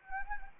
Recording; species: mosquito wingbeat signal from an infrared sensor; Anopheles arabiensis